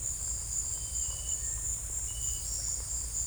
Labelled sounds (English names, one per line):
none